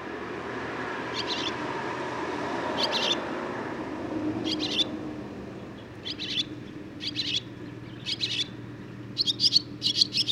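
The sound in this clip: Barn swallow chirping in brief, rasping notes that grow quicker toward the end, partly masked by broad rushing background noise.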